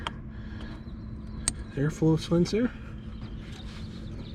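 While installing an 87mm MMX ported throttle body on a Dodge Durango SRT, the electrical connector is plugged into the intake air flow sensor. It seats with a sharp, loud click at 1.5 s over a steady low hum. Someone talks just after.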